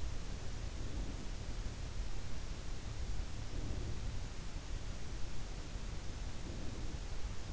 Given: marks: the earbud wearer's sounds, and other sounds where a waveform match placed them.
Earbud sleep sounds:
sounds in sleep by an in-ear microphone; breath
0.29-1.68 s: breath
3.19-4.35 s: breath
6.05-7.30 s: breath

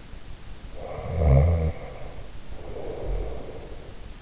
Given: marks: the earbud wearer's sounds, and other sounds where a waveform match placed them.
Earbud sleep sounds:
sounds in sleep by an in-ear microphone; snoring breath
0.70-3.84 s: snoring breath

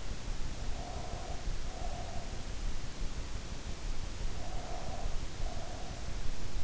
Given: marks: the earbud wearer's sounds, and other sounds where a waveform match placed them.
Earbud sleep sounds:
sounds in sleep by an in-ear microphone; breath
0.42-2.70 s: breath
4.25-6.16 s: breath

